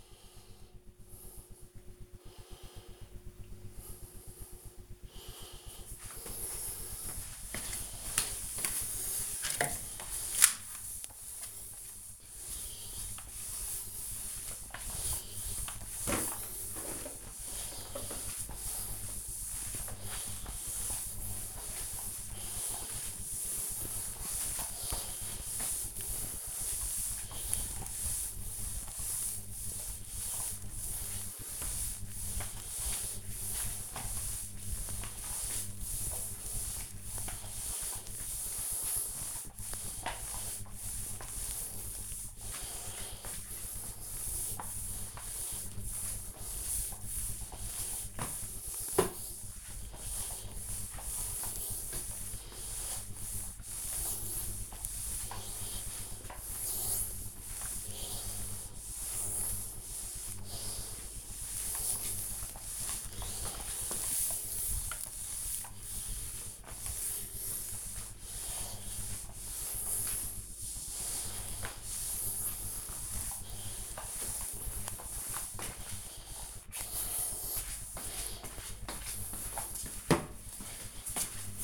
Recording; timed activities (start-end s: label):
household activities, microphone on the right wrist
6.90-77.36 s: floor cleaning